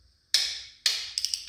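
A click-type torque wrench tightens a main bearing cap bolt on a Chevy 350 engine block during crankshaft installation, turning it until the wrench clicks at final torque. A sharp, bright click sounds at 0.4 s, followed by another loud click at 0.9 s and a few quick, light ticks between 1.2 and 1.5 s. The bolt is confirmed torqued to spec at the 0.4 s click.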